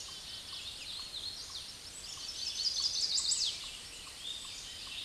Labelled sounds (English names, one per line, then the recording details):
Chestnut-sided Warbler song
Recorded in a Pennsylvania forest on 16 May 2024 at 08:38
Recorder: AudioMoth, point MSD-2417
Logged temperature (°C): 16.4 °C
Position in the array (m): 87 m, 61 m